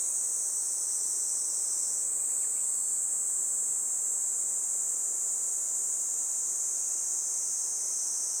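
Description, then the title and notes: Kaempfer cicada song, a continuous high shrill buzz holding steady throughout. Chorus of cicadas in a forest by the Tama River, as they begin singing in summer. "多摩川の森、ニイニイゼミたちの合唱"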